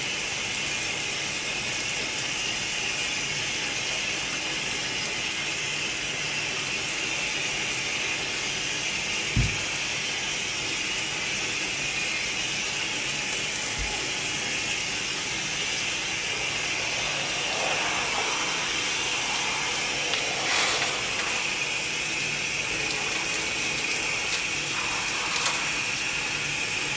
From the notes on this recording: I take a shower